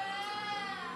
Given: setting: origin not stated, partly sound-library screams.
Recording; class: one-second piece from a danger detection set; woman in danger